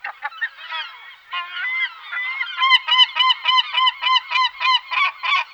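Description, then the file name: European herring gull calling in a quickening series, first loose nasal notes, then a regular string of sharp yelping calls about three per second. "gabbiano reale nordico"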